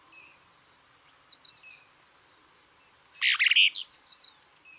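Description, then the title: Plain-crested elaenia giving one short, harsh, burry burst of notes about three seconds in, over a faint steady high insect hum and a few soft whistles. Nominate subspecies Elaenia cristata cristata. "LuckyPassaro Completos2Sama. Plain-crested Elaenia (Elaenia cristata cristata)"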